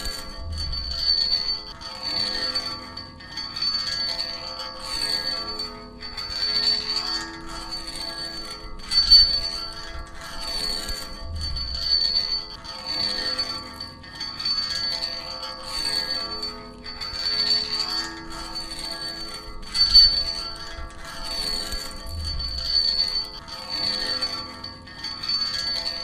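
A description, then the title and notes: Keys clink against a metal railing in a steady rhythm, bright high ringing taps landing about every second with a lingering metallic tone. A soft low thud recurs roughly every five or six seconds, and the sound stays even throughout. Keys on the railing. Recorded by Dan Bodah in Fall 2008, Brooklyn NY.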